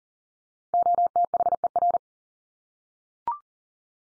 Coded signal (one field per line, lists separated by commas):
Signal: Morse code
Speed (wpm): 40 wpm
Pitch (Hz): 700 Hz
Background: none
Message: OTHER